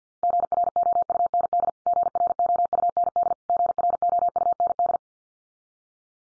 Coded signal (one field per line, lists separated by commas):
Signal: Morse code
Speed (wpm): 50 wpm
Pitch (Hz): 700 Hz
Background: none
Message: GROUND GROUND GROUND